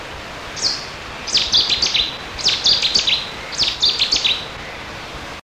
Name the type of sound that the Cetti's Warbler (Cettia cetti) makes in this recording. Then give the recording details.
song. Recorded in the wild. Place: Berneburg (Sontra), Hessen, DE. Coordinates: 51.06, 9.88. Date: 1975-07-06. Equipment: Halbspur, 9,5 cm/s. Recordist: Lütgens, Hans. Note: Gesang